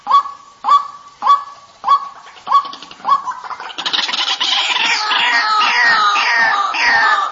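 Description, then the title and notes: White-breasted waterhen giving six clipped, rising notes in quick succession, then breaking into a loud, rough, continuous chorus of harsh croaking calls. Calls used as a lure (pikat). "Pikat Ruak Jawara. Suara Pikat Ruak"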